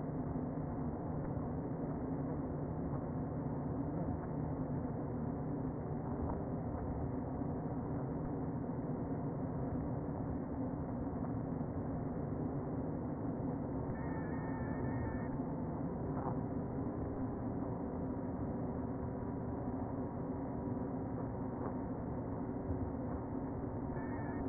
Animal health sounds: honeybee colony, microphone inside the hive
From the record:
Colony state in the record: queen present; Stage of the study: before two queens were removed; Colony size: about 60,000 bees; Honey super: yes

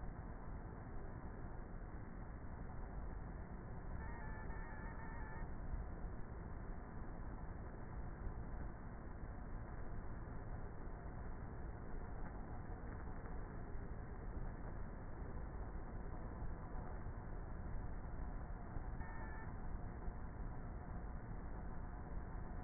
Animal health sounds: honeybee colony, microphone inside the hive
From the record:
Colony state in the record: queenless with a low population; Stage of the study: before two queens were removed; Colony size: about 30,000 bees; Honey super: no

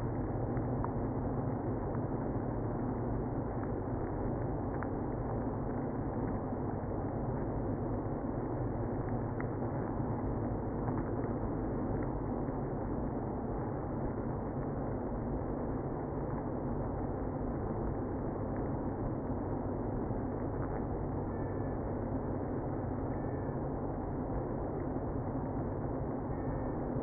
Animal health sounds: honeybee colony, microphone inside the hive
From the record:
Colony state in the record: queenless (queen removed); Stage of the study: after two queens were removed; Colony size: about 60,000 bees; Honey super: yes

